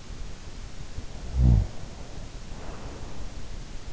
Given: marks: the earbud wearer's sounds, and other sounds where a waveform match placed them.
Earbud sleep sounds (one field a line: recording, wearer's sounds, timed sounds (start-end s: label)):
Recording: sounds in sleep by an in-ear microphone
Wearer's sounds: snoring breath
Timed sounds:
1.30-3.64 s: snoring breath